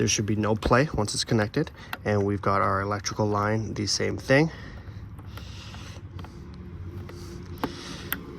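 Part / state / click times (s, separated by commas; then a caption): wiring harness connector onto purge solenoid valve / seated / 8.1 s. Someone talks while a wiring harness electrical connector is plugged onto the replacement purge solenoid valve of a Chevy Equinox, replaced as part of a P0496 check engine light repair. After the talking, quiet handling with a few faint ticks leads to a sharp click at 8.1 s as the connector seats.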